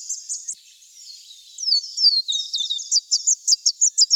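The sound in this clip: Scarlet honeyeater song: high slurred, descending twitters give way to a quick series of sharp, bell-like notes.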